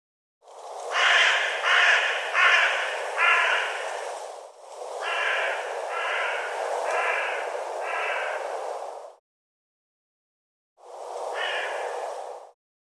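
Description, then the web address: Bird giving harsh, rasping calls: two runs of four notes over a steady hiss, a pause, then one short final note. "cianscape birddata Deverinetal 2025"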